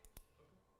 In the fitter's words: It'll make 2 little clicking sounds. And now it's locked.